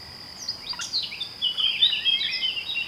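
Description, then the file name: Eurasian blackcap warbling: a hurried jumble of sharp high notes and twittering, with a steady shrill high tone throughout. "Sylvia atricapilla"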